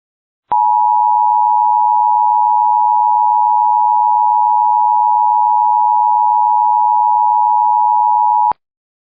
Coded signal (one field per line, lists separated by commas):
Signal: Emergency Alert System (SAME) tones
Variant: 853 and 960 Hz attention tone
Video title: EAS Recreation Short (3/3/25): Hatteras Island 911 Outage